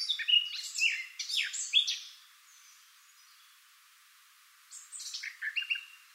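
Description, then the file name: Eurasian blackcap warbling song, a two-second burst of quick, varied chirps and twitters, a pause of near silence, then another varied phrase near the end. "Sylvia atricapilla"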